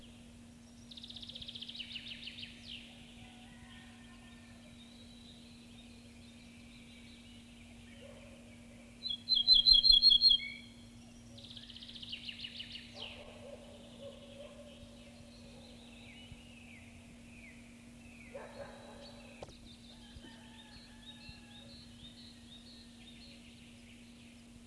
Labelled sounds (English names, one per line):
Ortolan Bunting song